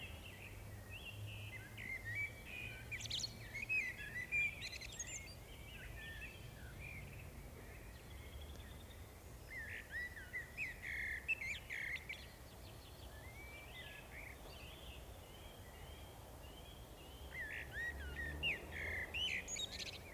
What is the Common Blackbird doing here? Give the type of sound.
song